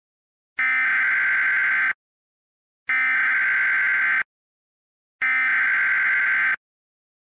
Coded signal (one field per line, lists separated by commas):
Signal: Emergency Alert System (SAME) tones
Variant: header bursts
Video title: Palisades Dam Break EAS Mock